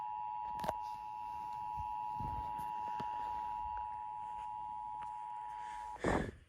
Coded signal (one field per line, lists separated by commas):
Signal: Emergency Alert System (SAME) tones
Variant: 853 and 960 Hz attention tone